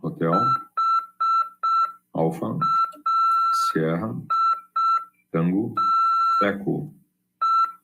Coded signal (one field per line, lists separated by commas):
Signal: Morse code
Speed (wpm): 6 wpm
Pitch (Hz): 1340 Hz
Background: speech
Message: HAITE